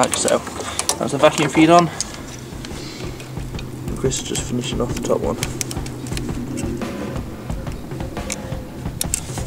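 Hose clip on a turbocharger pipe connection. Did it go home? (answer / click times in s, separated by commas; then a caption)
yes / 9.1 s. A hose clip on a turbocharger pipe connection is pushed home while an uprated recirculation valve is refitted. Someone talks over music at the start, then the engine-bay work continues with sharp clicks and taps. The clip seats with one click at 9.1 s.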